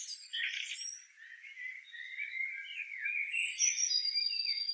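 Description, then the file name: Eurasian blackbird giving a soft rambling warble of sliding whistled notes, with thin high squeaks and chirps laid over it. "Turdus merula"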